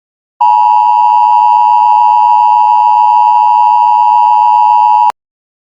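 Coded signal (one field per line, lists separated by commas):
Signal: Emergency Alert System (SAME) tones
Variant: 853 and 960 Hz attention tone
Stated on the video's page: Fictional mock EAS rocket attack warning.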